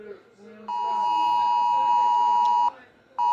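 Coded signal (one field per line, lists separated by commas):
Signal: Emergency Alert System (SAME) tones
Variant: 853 and 960 Hz attention tone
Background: speech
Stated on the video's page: Mock EAS test alert played on a phone.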